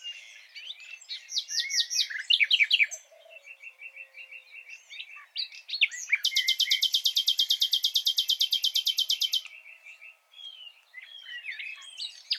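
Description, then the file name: Common nightingale song: quick chirps and repeated notes, then a long rapid buzzing trill lasting about three seconds, ending in scattered notes. "Luscinia megarhynchos"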